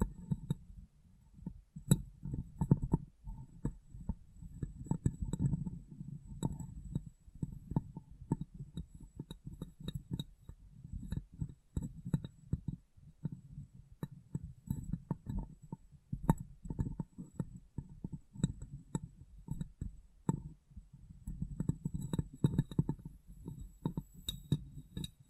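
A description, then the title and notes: Glass brain being tapped and cleaned, with a constant run of soft, low thumps and rubbing pulses that rarely let up. Sharp bright clicks and clinks break through irregularly, a few every second, with slightly busier stretches around five and twenty-two seconds. ASMR Glass Brain Tapping & Cleaning (No Talking).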